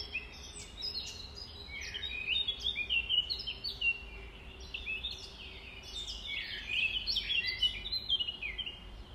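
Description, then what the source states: Nightingale delivers dense warbled and whistled phrases, rising and dropping quickly, with a faint low hum. Recorded at dawn, around 05:33 on 5 May 2020.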